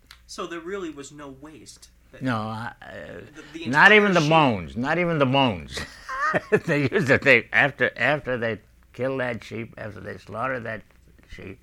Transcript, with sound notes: So there really was no waste.
No.
The sheep...
Not even the bones, not even the bones. ( he laughs ) They use it, they, after they killed that sheep, after they slaughtered that sheep,